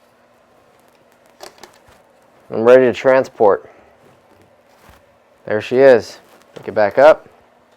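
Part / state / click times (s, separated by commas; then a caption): folding arm lock on a multirotor frame / not seated / none. A folding arm lock on a DJI S1000 multirotor frame is handled as the arm is raised back toward flight position, with a few short, sharp handling sounds near 1.1 to 1.6 seconds and a faint tick near 4.4 seconds while someone talks. The clip ends before the arm goes home, so the lock has not clicked or latched yet.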